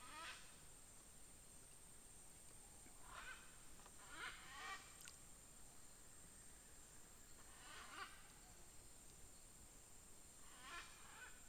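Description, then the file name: Parrot squawks, hoarse rasping calls in pairs and singles, spread through the recording, with a continuous shrill hum and low rumbling background. "perroquets"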